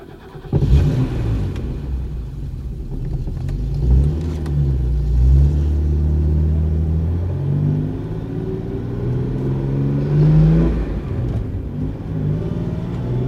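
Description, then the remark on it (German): The engine of Bucky's car drones low and steady, its pitch climbing and dipping as it revs through gear changes, with louder surges now and then, and no voices. “Peston reichte mir den Katalog, als er sich auf den Rücksitz von Buckys Wagen fallen ließ.”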